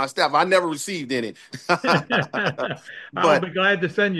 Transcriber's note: laughs